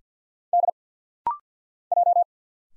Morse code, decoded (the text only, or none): D J